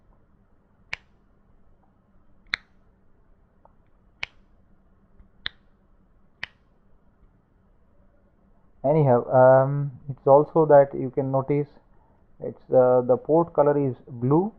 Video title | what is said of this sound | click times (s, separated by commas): Fast Pen Drive | it gives a nice click noise anyhow | 0.9 s, 2.5 s, 4.2 s, 5.5 s, 6.4 s